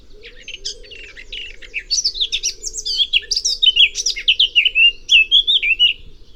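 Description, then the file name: Eurasian blackcap song: a sustained, fast, jumbled warble of bright high notes, growing louder then ending in clearer fluting phrases, with a faint low hum underneath. "Sylvia atricapilla"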